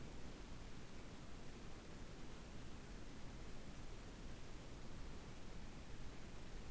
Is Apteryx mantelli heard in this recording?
no